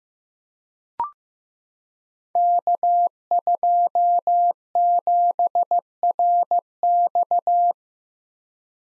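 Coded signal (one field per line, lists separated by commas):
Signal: Morse code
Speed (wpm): 15 wpm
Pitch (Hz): 700 Hz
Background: none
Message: K27RX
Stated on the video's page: Five-character letter and number code group drill at 15 wpm, each group sent in Morse, spoken, then sent again.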